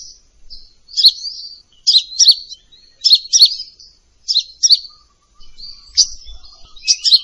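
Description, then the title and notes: Sunbird song of high, thin chirps, often in pairs, repeated with short pauses and faint twittering between. Used as a lure for training birds; described as gacor, with full isian and tembakan song elements. "MASTERAN KOLIBRI NINJA FULL ISIAN DAN TEMBAKAN COCOK BUAT PANCINGAN. Suara Burung Kolibri Ninja Gacor"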